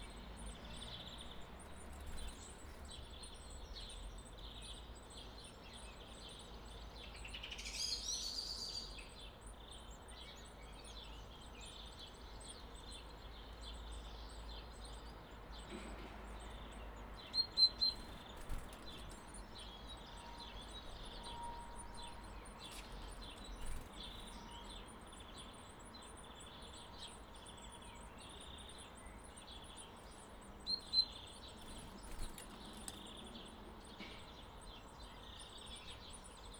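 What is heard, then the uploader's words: Chickadees around a nest, with thin, high chirps and tweets scattered through a steady low hum of background noise. A brief fluttery burst comes near eight seconds, and sharper clicks and calls stand out around seventeen to eighteen, twenty-four and thirty-one seconds. Recorded on the balcony at Prešeren Street balcony at 6 AM. Featuring the comings and goings of nesting chickadees and their brand-new chicks.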